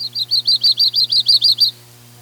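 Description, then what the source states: Yellow-rumped warbler song: a clear, evenly paced trill of about ten sweet, slurred notes lasting under two seconds, then silence apart from a low hum. 2 May 1988.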